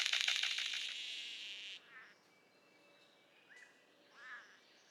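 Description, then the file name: Golden bowerbird loud buzzy rattle of rapid pulses lasting almost two seconds, followed by a few faint, short slurred notes. "Prionodura Newtoniana"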